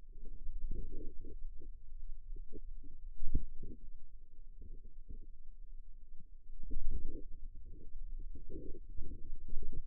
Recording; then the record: forearm muscle sounds (acoustic myography)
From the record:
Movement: radial deviation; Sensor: system 2, bracelet of six BSWA MPA416 microphones around the upper forearm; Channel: 2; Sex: female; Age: 23 years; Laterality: right